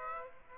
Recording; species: mosquito wingbeat signal from an infrared sensor; Aedes aegypti